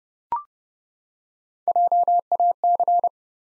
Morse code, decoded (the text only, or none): JAC